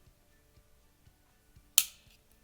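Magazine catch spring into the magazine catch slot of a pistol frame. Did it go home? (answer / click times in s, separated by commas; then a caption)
yes / 1.8 s. A magazine catch spring is pushed by hand into the magazine catch slot of a polymer pistol frame, with faint low thumps and handling noise leading up to it. At 1.8 s a sharp, bright click rings out with a short decaying tail as the spring seats in its slot, followed by a faint tick at 2.3 s.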